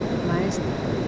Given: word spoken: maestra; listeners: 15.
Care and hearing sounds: one Spanish word in noise, from a listening test; speech-shaped noise; -4.1 dB; 6 of 15; 9 of 15; 0.68 s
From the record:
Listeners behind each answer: 9, 6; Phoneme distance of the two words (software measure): 10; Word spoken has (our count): 3 syllables, 7 phonemes, stress on syllable 2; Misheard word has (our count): 3 syllables, 7 phonemes, stress on syllable 2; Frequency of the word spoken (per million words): 17.21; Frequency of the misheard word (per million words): 78.49

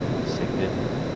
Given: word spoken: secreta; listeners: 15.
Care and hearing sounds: one Spanish word in noise, from a listening test; speech-shaped noise; -6.8 dB; 0 of 15; 8 of 15; 0.75 s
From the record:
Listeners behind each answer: 8, 1, 1, 1, 1, 1, 1, 1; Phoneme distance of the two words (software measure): 10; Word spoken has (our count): 3 syllables, 7 phonemes, stress on syllable 2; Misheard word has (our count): 3 syllables, 7 phonemes, stress on syllable 2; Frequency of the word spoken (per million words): 15.73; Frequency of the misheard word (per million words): 62.61

